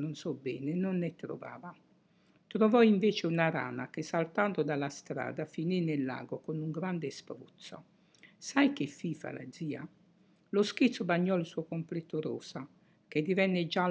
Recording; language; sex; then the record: read passage; Italian; female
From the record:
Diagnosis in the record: healthy control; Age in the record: 68 years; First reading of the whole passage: 56 s, 9.3 characters per second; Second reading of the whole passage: 53 s, 9.8 characters per second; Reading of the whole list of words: 52 s, 5.4 characters per second